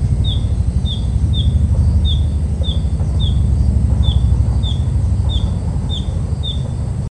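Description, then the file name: Narcissus flycatcher repeating a brief high whistled note in a fairly regular series, with heavy low-pitched rumble beneath throughout. "kibitaki"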